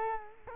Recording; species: mosquito wingbeat signal from an infrared sensor; Culex quinquefasciatus